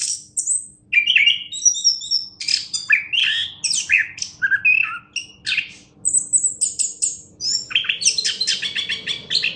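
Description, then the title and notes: Orange-headed thrush delivering fast, dense song phrases of high whistles, buzzes and chirps, separated by brief gaps. National champion bird. "Anis Kembang Juara Nasional. kicau anis kembang"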